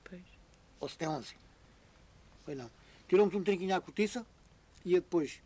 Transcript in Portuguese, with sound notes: Pois.
Ou se tem onze? [pausa] Pois não. Tiramos um trinquinho à cortiça e depois…